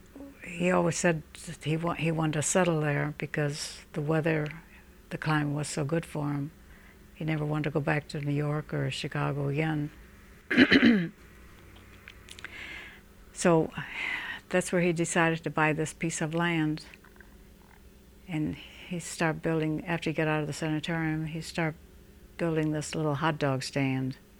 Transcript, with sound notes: he always said he wanted to settle there because the weather, the climate was so good for him. He never wanted to go back to New York or Chicago again. ( she clears her throat ) So that's where he decided to buy this piece of land, and he started building, after he got out of the sanitarium, he started building this little hot dog stand.